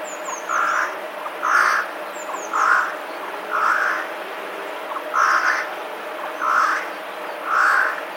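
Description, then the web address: Eurasian jay repeating rough, scolding screeches roughly once a second, seven in all, with light high-pitched twitters from small birds behind. Alarm call of a Eurasian jay, recorded on 28 January 2021. "wroblowe ostrzegator sojka 28 01 2021"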